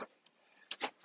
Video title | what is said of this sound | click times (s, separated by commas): Installing a new grill on Ford Explorer 2006 (Brand new Grill) | That one snapped. So everything's snapped into place now. | 0.7 s